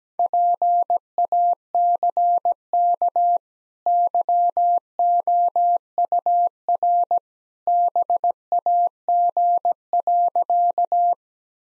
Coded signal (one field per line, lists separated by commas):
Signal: Morse code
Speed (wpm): 17 wpm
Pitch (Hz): 700 Hz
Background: none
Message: PACK YOUR BAG.